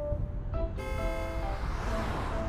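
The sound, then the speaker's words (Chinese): An oncoming heavy truck with bright headlights drives past a car at night on a road between a canal and farmland, a steady, loud roar of engine and road noise, a droning harmonic hum rising in partway through and holding to the end. “迎面开来一辆卡车，骤然的灯光让陆延辰直觉地眯起双眼。”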